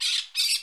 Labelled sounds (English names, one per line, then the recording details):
Brown-throated Parakeet contact call
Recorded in Curacao
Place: Hoffi Jan Thiel
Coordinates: 12.094, -68.877